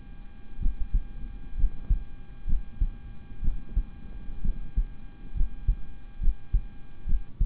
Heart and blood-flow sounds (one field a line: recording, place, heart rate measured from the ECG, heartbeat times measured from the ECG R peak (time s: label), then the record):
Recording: heart sounds by stethoscope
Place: between the tricuspid and mitral areas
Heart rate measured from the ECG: 65 bpm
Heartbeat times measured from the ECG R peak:
0.59 s: heartbeat
1.56 s: heartbeat
2.46 s: heartbeat
3.41 s: heartbeat
4.42 s: heartbeat
5.34 s: heartbeat
6.20 s: heartbeat
7.06 s: heartbeat
From the record:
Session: rest, sitting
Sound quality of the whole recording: good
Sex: male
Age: 26 years